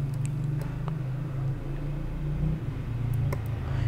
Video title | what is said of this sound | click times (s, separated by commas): v380 pro wifi Camera Setup Step by Step - v380 pro wifi Camera Setup - v380 pro | and you will hear a click sound meaning that the sd card has been placed properly | 3.3 s